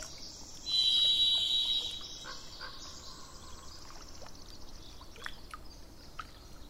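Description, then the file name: Thrush song: a single sustained high whistle lasting about a second near the start, over a steady low background rumble. Recorded on 27 April 2004 with truck noise in the background. "040427-thrushandtrucks"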